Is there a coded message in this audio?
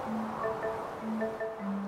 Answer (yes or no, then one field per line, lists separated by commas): no